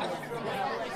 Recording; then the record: coughing mixed with background sound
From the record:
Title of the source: Female coughing - Sound effects